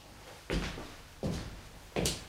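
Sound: door opening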